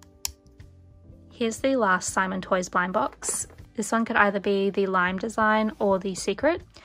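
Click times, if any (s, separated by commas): 0.2 s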